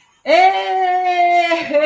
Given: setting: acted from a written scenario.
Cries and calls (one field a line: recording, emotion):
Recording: vocal sound without words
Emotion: triumph